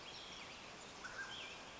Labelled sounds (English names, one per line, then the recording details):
Mountain Quail
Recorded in Sonoma County, California